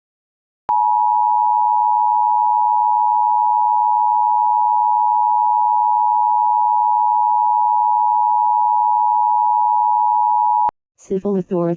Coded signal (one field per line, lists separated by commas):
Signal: Emergency Alert System (SAME) tones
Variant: 853 and 960 Hz attention tone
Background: speech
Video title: EAS Mock 13: Fazbear's Fiery Fright